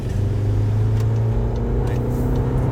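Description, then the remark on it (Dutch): A race car engine drones with a deep, steady rumble while driving in Singapore in the evening. A sustained low hum holds for about a second before shifting to a rougher, even idle-like growl, with no voices. “Dus voor hem is Singapore in de avond vooral genieten vanuit de auto.”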